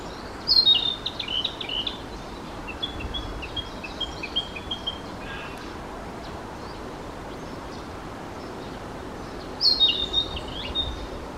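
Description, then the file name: Narcissus flycatcher singing: a bright whistled phrase opens, then a loose series of short high chips, and another sharp whistled phrase near the end, over steady background hiss. Recorded 1 June 2022. "20220601 キビタキ"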